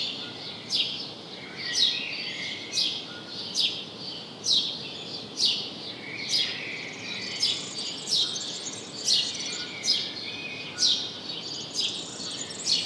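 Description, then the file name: House sparrow chirping, harsh bright chirps repeated roughly once a second over a steady background hiss. "Passer domesticus"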